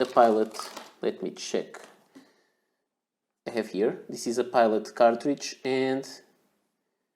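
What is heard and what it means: Someone talks while handling a Pilot plastic ink cartridge, from another brand, that is about to be pushed onto the nipple of a Wing Sung 670 Yellow fountain pen section. A faint, brief sound occurs around 2.2 s between the stretches of talk. The cartridge has not seated or clicked yet.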